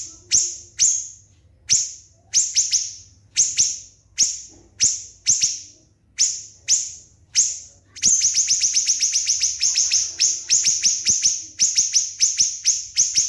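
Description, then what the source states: Spiderhunter song: spaced high, sharp notes that suddenly speed into a rapid, continuous chattering run of similar descending notes. Loud, clear, long song; recording meant for training other songbirds.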